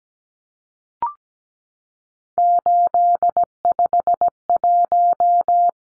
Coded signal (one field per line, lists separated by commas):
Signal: Morse code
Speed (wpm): 17 wpm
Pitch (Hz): 700 Hz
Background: none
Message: 851